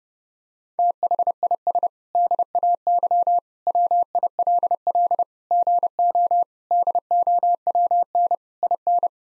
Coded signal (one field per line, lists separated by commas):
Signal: Morse code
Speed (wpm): 30 wpm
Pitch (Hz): 700 Hz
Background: none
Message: THIS DAY WILL GO DOWN IN